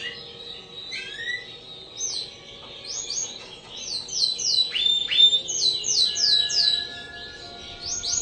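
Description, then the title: Spanish Timbrado canary giving quick series of high notes in rapid bursts, with a brief lower swooping phrase in the middle. Spanish Timbrado canary singing actively (gacor) with long rolling song (ngerol panjang). "Kenari Spanish Timbrado Gacor Ngerol Panjang"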